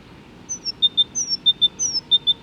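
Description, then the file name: Great tit repeating a bright high-low phrase about three times in steady rhythm. "Great Tit (Parus major)"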